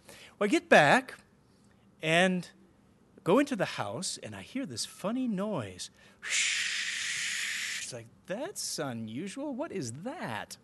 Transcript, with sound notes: We get back and we go into the house, and I hear this funny noise,. [vocalization] It’s like, that’s unusual. What is that?